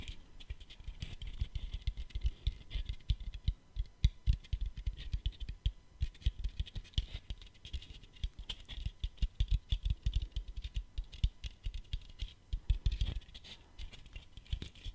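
Steady tapping runs the whole fifteen seconds, rapid and uneven like fingers on keys, with short clicks packed several to a second and brief pauses between bursts. Each tap has a dull low thud and a crisp bright tick, and a faint thin tone hums underneath.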